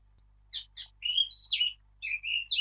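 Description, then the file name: Eurasian blackcap song opening with two scratchy notes, then a run of clear, fluty whistled phrases rising and falling. "Sylvia atricapilla"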